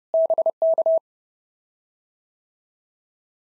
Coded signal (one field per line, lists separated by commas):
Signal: Morse code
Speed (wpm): 32 wpm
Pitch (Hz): 650 Hz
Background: none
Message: BK